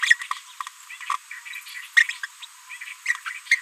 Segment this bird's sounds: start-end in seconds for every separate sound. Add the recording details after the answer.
0.00-0.27, 0.90-0.96, 1.01-1.18, 2.22-2.27, 2.41-2.46, 2.69-2.78, 3.05-3.17, 3.50-3.59. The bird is a female. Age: 30 days. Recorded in a nest box in Venezuela. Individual 17B73B3